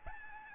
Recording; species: mosquito wingbeat signal from an infrared sensor; Aedes albopictus